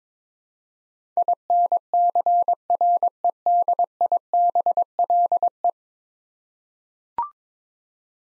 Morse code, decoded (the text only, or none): INCREDIBLE